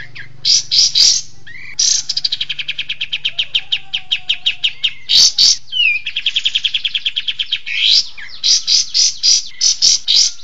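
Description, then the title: Bird song, a long varied sequence of rapid chattering trills and sharp high notes, ending in a loud burst of repeated notes. "Masteran Burung"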